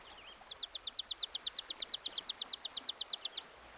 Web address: Dan Gibson's Solitudes Nature Trails. Chipping Sparrow